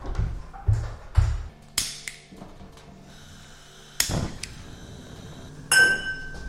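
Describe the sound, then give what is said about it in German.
Old metal pots in an old apartment clink and clatter as they are handled, a series of sharp, bright knocks and ringing clanks at irregular intervals with lingering metallic resonance, no voices. “Die alten Töpfe.”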